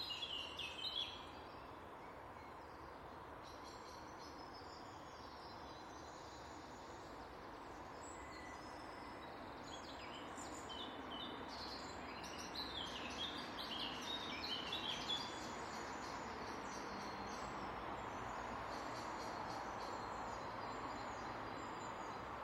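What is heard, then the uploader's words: Traffic forms a steady, dense low rumble throughout, a continuous wash with no single vehicle standing out, slightly louder in the second half. Birdsong chirps and twitters brightly above it, busiest in the first seconds and again around twelve to sixteen seconds. Traffic and birdsong.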